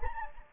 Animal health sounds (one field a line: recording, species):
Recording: mosquito wingbeat signal from an infrared sensor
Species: Anopheles gambiae